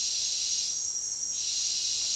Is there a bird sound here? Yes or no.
no